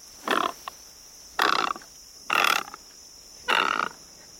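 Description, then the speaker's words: Great Egret calls: four harsh, hoarse croaks, each under half a second long, spaced roughly one second apart, with quiet between them. Call described as ferocious; great egrets are fierce predators. "Just listen to that ferocious call."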